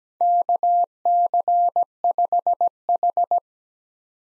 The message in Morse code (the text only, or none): KC5H